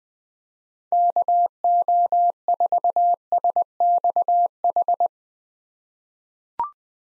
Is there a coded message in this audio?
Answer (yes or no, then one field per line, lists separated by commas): yes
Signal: Morse code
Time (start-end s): 0.9-5.1 s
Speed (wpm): 20 wpm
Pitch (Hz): 700 Hz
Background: none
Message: KO4SXH